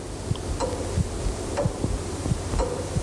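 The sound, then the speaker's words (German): A church tower clock in the spire of Vorfelsers Kirk on Amager, Copenhagen, ticks steadily, with dry, hollow knocks at an even, unhurried pace over a continuous low buzzing drone, and no voices. “Das war ein einsames, beinernes Ticken.”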